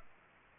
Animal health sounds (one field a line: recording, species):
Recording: mosquito wingbeat signal from an infrared sensor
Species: Culex pipiens